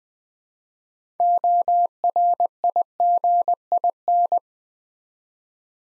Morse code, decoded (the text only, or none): ORIGIN